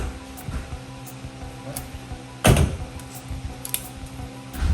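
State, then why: Not seated. The rear seat back of a 1987 Porsche 924S is raised and pushed up into its body latch, with several knocks and thumps as it moves, the loudest near 2.5 s. This first time, the seat back fails to lock into place, so nothing has clicked or seated.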